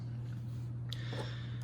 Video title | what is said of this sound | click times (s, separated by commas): NEW! Mantis G Review and Flight Testing | push it until it clicks so | 0.9 s